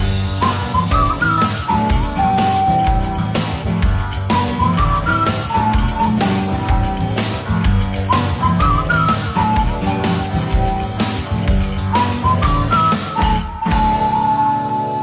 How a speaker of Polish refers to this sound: To możemy sobie razem wszyscy pogwizdać i pośpiewać.